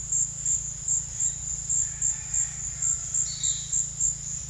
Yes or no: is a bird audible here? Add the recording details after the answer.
no. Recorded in secondary vegetation near Puerto Asís, Putumayo, Colombia, on 23 June 2025 at 13:30. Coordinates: 0.498, -76.327. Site GP09